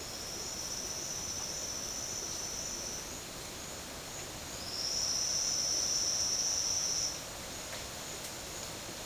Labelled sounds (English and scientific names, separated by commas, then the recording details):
none
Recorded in secondary vegetation near Puerto Asís, Putumayo, Colombia, on 21 March 2025 at 12:30
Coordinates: 0.488, -76.319
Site G095